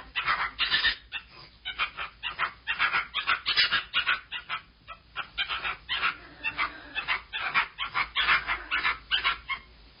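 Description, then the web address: Monkey chattering steadily for ten seconds in quick, rhythmic, raspy bursts with only brief pauses. "Bobby Cole Monkey"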